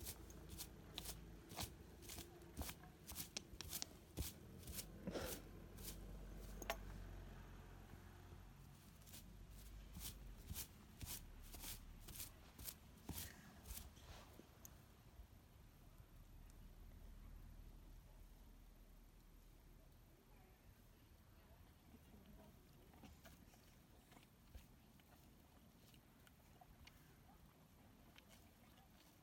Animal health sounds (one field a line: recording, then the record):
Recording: sound track of a video of a horse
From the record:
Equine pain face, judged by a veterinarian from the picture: absent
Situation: after eating a carrot, before or after surgery for tooth resorption and hypercementosis (EOTRH)